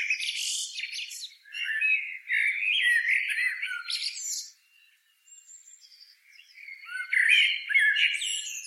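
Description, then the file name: Eurasian blackbird calls: scratchy warbled phrases mixed with high squeaks, pausing briefly midway before resuming. "Turdus merula"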